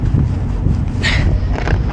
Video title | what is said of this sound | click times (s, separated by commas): MAS MADAMI MAS SAFE - ALWAYS COVER your @SS | Yun. Ayan, nag-lock na. | 1.6 s, 1.7 s